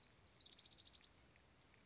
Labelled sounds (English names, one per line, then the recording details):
Blue-gray Gnatcatcher
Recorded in Sonoma County, California